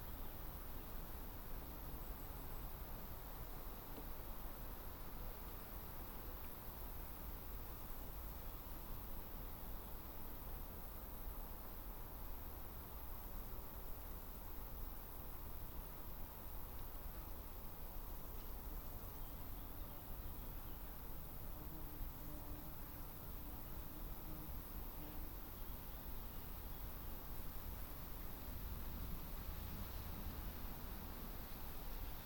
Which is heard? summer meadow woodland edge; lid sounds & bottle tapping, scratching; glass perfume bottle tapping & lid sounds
summer meadow woodland edge